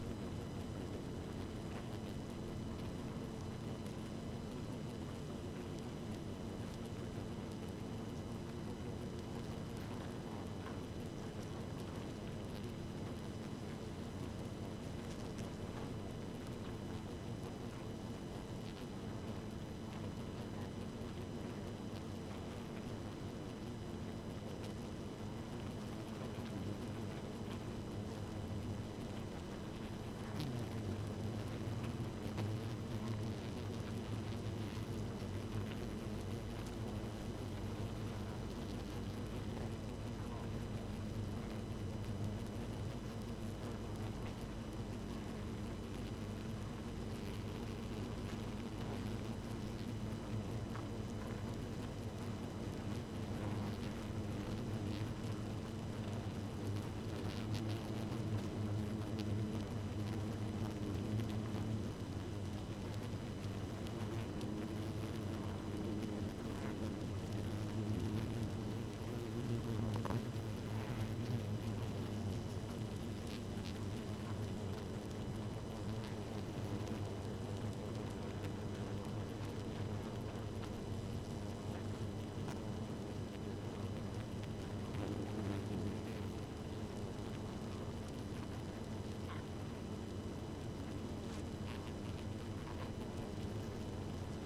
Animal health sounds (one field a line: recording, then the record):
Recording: honeybee colony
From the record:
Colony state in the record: active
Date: 12 June 2018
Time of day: 0:00